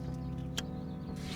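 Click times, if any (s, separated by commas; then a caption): 0.6 s. An ignition coil is pushed down onto a freshly installed spark plug in a VW GTI engine and clicks home at 0.6 s with a single short, sharp snap over a steady low hum. The coil is seated.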